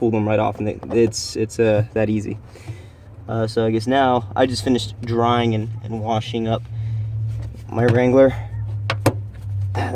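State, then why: Seated. A rubber drain plug is pressed back into the drain hole in the floor pan of a Jeep Wrangler JK while someone talks over a steady low hum. Two sharp snaps at 8.9 and 9.1 seconds mark the plug seating in place.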